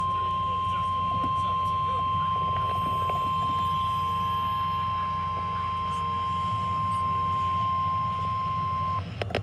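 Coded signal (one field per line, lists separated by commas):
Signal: Emergency Alert System (SAME) tones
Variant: 1050 Hz attention tone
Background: speech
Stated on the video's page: Special marine warning received on NOAA Weather Radio.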